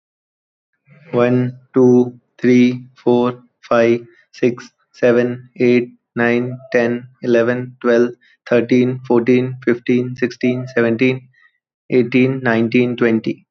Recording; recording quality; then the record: counting at a normal pace; excellent, no background noise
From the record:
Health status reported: healthy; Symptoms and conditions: none ticked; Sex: male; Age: 25 years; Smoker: not ticked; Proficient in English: yes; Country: India